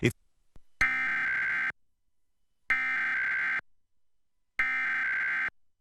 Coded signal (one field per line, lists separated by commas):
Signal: Emergency Alert System (SAME) tones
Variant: header bursts